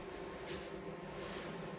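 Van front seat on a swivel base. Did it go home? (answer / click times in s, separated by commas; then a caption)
no / none. A van's front seat on a swivel base is turned toward the rear of the van after its release lever is pulled, giving a steady low rumble and broadband hiss with no sharp transients. Nothing has seated or clicked yet; this is the movement before the lock engages.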